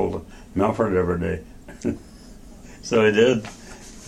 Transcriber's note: laughter